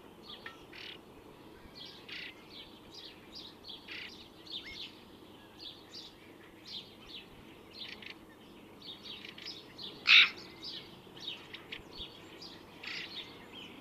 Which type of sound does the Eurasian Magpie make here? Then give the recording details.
song. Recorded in the wild. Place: Oberstdorf, Bayern, DE. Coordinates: 47.41, 10.2797. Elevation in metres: 809. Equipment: Nagra IV, Sennheiser MKH 405, Parabolreflektor. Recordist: Tretzel, Erwin